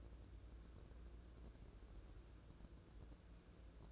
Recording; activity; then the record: daily activity, microphone in the room; take from stove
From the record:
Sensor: 2